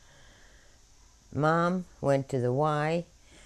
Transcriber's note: none